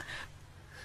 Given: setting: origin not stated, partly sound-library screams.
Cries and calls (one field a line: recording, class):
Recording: one-second piece from a danger detection set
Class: normal situation